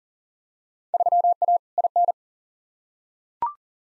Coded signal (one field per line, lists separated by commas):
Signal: Morse code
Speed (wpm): 40 wpm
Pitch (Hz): 700 Hz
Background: none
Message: 3A IN